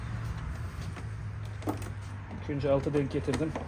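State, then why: Not seated. The plastic trim strip above the headlight of a 2024 Honda PCX is positioned during a 79 cm clear windscreen and deflector installation, with its tabs lined up at the bottom edge before it is pushed into the front fairing clips. Faint plastic handling taps sit over a steady low hum, and someone talks near the end. Nothing has seated or clicked yet.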